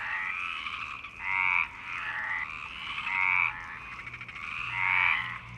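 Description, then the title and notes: Frogs croaking together, buzzy pulsed calls merging into a near-continuous chorus with a few louder bursts. Frog chorus at Parc Longchamp, Marseille, Provence-Alpes-Côte d'Azur, France, 26 March 2011, 19:35; recorded with MixPre-6 and Basic Ucho. "Marseille, Provence-Alpes-Côte d'Azur, France - 26_03_11_19_35 Longchamps_004 grenouilles. Grenouilles au parc de Longchamp"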